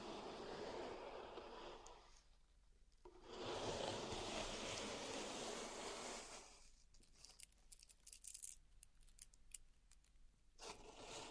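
Pink salt in a zen garden is raked in steady, hissing sweeps, broken by a stretch of sparse, crisp crunches and clicks near the end.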